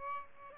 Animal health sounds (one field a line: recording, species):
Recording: mosquito wingbeat signal from an infrared sensor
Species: Aedes albopictus